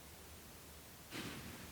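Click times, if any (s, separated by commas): none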